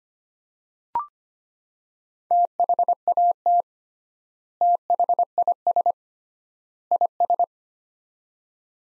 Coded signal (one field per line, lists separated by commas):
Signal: Morse code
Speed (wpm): 25 wpm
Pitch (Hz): 700 Hz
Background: none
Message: THAT THIS IS